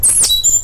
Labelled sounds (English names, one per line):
Stitchbird song